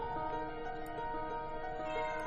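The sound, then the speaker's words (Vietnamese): A stray cat outside at night lets out a long, drawn-out wailing meow, a steady mournful cry holding a strained pitch for the full couple of seconds, with no voices. “Ở bên ngoài kia, cái con mèo hoang lúc nãy dường như nó vẫn cứ lởn vởn ở đâu đây, thỉnh thoảng nó vẫn kêu lên những tiếng thê thiết lắm.”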